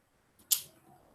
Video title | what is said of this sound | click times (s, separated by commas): Pear Teaching Instalasi Jaringan LAN PPG angkatan 2 | Ininya dimasukkan, ininya ditarik sampai bunyi klek. Nah, itu udah | 0.5 s